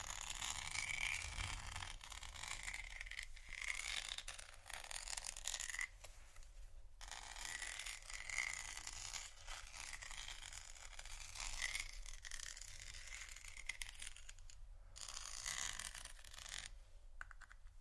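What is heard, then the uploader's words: Dense, continuous scratching and crinkling of plastic and bristles, bright and scraping, with brief pauses near six and fourteen seconds and faint low rumble underneath. Vinyl,plastic,bristles,tap,crinkle,scratching,glass,etc.(No Talking).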